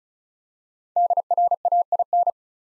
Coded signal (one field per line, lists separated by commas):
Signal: Morse code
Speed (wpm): 36 wpm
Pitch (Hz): 700 Hz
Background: none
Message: DRAIN